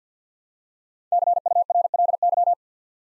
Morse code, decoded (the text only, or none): CURLY